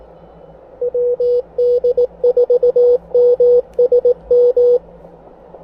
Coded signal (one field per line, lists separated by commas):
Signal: Morse code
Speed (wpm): 19 wpm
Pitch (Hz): 490 Hz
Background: none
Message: WD4MSM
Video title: Three Watts and a Wire: Seizing a Last-Minute POTA Opportunity with the Elecraft KX1!